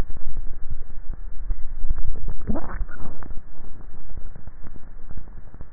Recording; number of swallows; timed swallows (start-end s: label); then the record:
swallowing sounds by neck microphone; 1
2.08-2.95 s: swallow
From the record:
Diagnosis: dysphagia